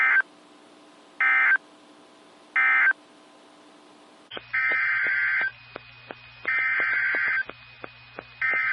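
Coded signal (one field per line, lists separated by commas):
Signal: Emergency Alert System (SAME) tones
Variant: header bursts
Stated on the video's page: Weather radio alerts received from NOAA stations in Miamisburg Ohio, Pittsburgh Pennsylvania and Chicago Illinois.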